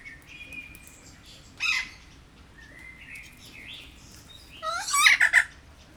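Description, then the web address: Kea calls: a loud, harsh, arched screech near two seconds and a burst of three near five seconds, between faint thin whistles and a low background hum. Captive kea at Jászberény Zoo, recorded in 2016. "allathangok jaszberenyizoo 2016 professzionalis kea hosszabbanhallgatozva 03 24"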